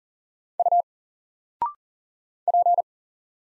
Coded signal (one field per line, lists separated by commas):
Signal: Morse code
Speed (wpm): 40 wpm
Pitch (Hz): 700 Hz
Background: none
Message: U P